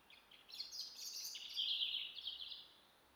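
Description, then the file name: European robin song: a fast, dense, high-pitched trilling and warbling run lasting about two seconds, with quick twittering notes throughout. "Erithacus rubecula"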